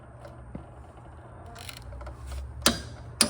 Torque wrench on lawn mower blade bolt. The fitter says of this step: okay so now I'm trying to get 40 ft-lb so I'm waiting for a click